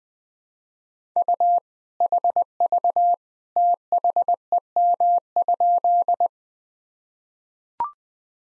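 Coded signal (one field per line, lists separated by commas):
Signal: Morse code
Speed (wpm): 20 wpm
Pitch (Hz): 700 Hz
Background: none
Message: U HV THEM?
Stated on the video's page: Morse drill at 20 wpm of sentences from the top 100 words and abbreviations, each sentence sent, spoken, then sent again.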